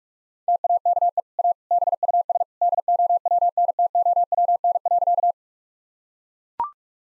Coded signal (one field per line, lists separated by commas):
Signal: Morse code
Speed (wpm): 41 wpm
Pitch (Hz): 700 Hz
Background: none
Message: TAKE A BUS DOWNTOWN.